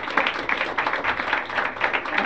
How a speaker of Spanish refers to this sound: Bueno, aplauda, hágale.